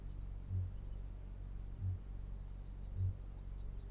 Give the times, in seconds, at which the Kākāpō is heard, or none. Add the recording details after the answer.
0.39-0.80, 1.59-2.24, 2.78-3.19. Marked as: faintness 3/5. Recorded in New Zealand. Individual Felix